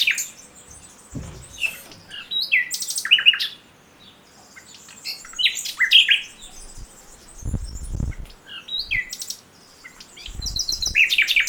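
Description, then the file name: Common nightingale song in varied bursts of high chirps, whistles and rapid notes, separated by short pauses, with a few low thumping noises. "Luscinia megarhynchos"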